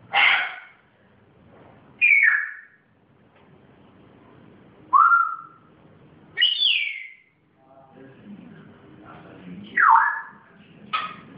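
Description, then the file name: Grey parrot giving separate loud whistled notes every couple of seconds, some downslurred and one sweeping up then down, between soft background murmur. Pet grey parrot recorded making its first sounds. "zoro zhako popugay pervye zvuki"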